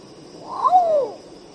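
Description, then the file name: Long-tailed potoo song: a single mournful wailing whistle that slides up briefly, then falls slowly and fades, over a steady high insect whine. "canto do urutau pardo"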